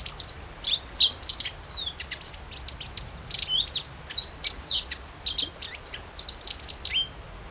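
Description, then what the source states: Godlewski's bunting pouring out a dense, unbroken string of high chirps, trills and down-swept whistles, quick and jumbled throughout. Recorded 14 June 2012.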